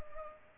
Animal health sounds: mosquito wingbeat signal from an infrared sensor; Culex pipiens

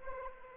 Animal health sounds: mosquito wingbeat signal from an infrared sensor; Anopheles arabiensis

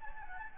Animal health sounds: mosquito wingbeat signal from an infrared sensor; Anopheles gambiae

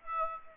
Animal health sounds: mosquito wingbeat signal from an infrared sensor; Aedes aegypti

